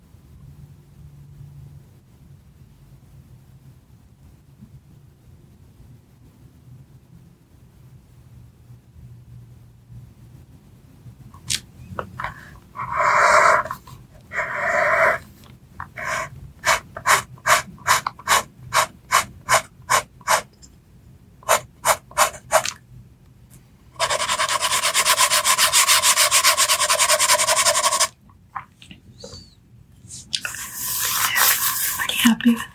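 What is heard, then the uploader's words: Pencil sounds on paper, starting after about eleven seconds of near silence with only a faint low hum. Bursts of scratching follow, including a quick run of short, regular strokes, then a loud steady rub from about 24 to 28 seconds. Soft tracing with pencils.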